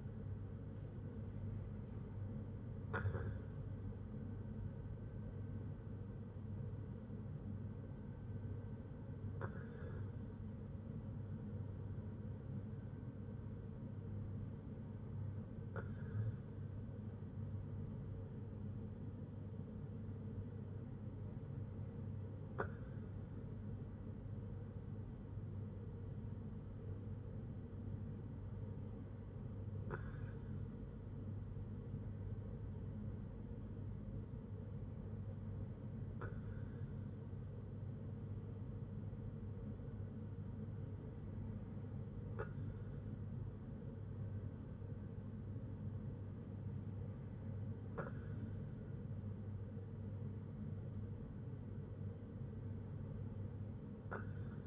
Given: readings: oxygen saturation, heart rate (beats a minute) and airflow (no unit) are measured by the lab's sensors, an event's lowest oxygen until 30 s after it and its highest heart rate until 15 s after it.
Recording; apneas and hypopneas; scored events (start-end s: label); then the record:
breathing in sleep by a smartphone at the bedside; none
none scored
From the record:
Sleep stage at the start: N2 (light sleep); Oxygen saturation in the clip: 95 to 96%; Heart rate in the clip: 59 to 74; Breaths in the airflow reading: 8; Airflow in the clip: -5.1 to 4.7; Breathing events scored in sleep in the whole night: 182 in 7.4 hours asleep